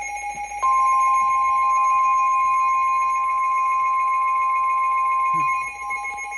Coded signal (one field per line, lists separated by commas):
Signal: Emergency Alert System (SAME) tones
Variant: 1050 Hz attention tone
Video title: Severe Thunderstorm Warning (EAS #442)